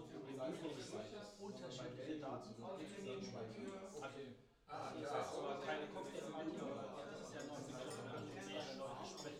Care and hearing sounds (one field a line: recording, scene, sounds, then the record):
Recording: everyday scene through a hearing-aid microphone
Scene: many people talking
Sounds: many voices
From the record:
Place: bistro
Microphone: in the ear canal, left